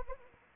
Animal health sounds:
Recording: mosquito wingbeat signal from an infrared sensor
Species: Anopheles arabiensis

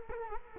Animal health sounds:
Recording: mosquito wingbeat signal from an infrared sensor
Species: Culex quinquefasciatus

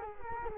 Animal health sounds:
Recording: mosquito wingbeat signal from an infrared sensor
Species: Culex quinquefasciatus

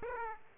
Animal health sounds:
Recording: mosquito wingbeat signal from an infrared sensor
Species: Aedes aegypti

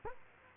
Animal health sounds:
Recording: mosquito wingbeat signal from an infrared sensor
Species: Culex quinquefasciatus

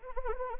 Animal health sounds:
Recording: mosquito wingbeat signal from an infrared sensor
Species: Anopheles arabiensis

